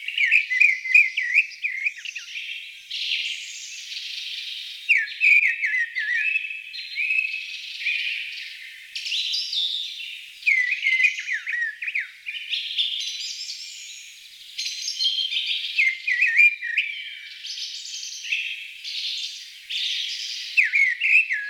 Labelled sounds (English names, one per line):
Mistle Thrush song